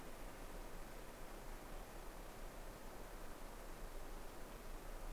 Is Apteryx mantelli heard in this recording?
no